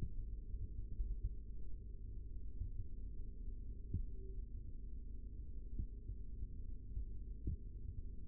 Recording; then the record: forearm muscle sounds (acoustic myography)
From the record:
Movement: rest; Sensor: system 3, bracelet of six PUI Audio POM-2738L microphones around the upper forearm, with dedicated amplification and filtering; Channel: 4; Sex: male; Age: 25 years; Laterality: right